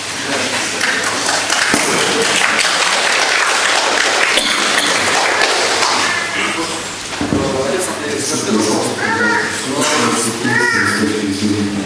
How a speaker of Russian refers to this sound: Ладно, ребенок говорит.